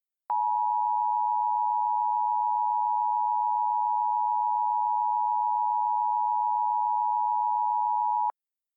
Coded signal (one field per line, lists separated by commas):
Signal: Emergency Alert System (SAME) tones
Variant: 853 and 960 Hz attention tone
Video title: EAS Twosday Special - Dave 2